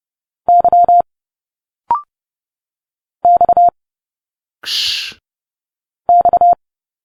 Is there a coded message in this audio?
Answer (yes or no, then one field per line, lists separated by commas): yes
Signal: Morse code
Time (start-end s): 0.5-6.5 s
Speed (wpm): 30 wpm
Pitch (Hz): 700 Hz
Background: none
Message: Y X X